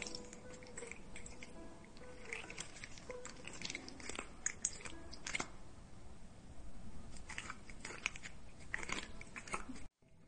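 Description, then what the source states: Cat chewing food: dense, continuous crunching and biting sounds for about ten seconds, ending abruptly. ASMR cats.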